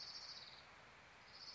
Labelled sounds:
Orange-crowned Warbler (Leiothlypis celata)
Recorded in Sonoma County, California

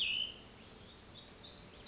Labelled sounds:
Cassin's Vireo (Vireo cassinii)
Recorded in Sonoma County, California

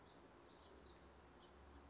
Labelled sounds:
House Finch (Haemorhous mexicanus)
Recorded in Sonoma County, California

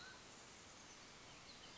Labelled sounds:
Mountain Quail (Oreortyx pictus)
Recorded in Sonoma County, California

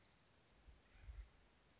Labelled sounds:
Bewick's Wren (Thryomanes bewickii)
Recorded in Sonoma County, California

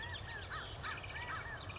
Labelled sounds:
American Crow (Corvus brachyrhynchos)
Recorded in Sonoma County, California

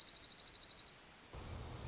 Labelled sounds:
Dark-eyed Junco (Junco hyemalis)
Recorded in Sonoma County, California

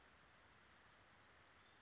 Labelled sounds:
Western Flycatcher (Empidonax difficilis)
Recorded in Sonoma County, California

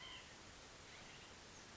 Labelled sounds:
White-breasted Nuthatch (Sitta carolinensis)
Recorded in Sonoma County, California

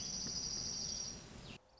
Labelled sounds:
Dark-eyed Junco (Junco hyemalis)
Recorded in Sonoma County, California

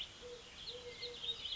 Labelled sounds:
Eurasian Collared Dove (Streptopelia decaocto)
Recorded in Sonoma County, California

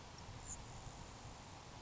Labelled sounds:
Grasshopper Sparrow (Ammodramus savannarum)
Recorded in Sonoma County, California

